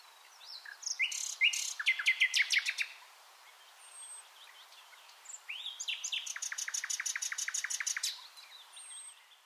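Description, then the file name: Common nightingale song: a varied phrase of chirps and clicks, a pause, then a long fast rattling trill of evenly repeated notes; faint background hiss. "Luscinia megarhynchos"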